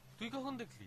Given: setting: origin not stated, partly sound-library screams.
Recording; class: one-second piece from a danger detection set; normal situation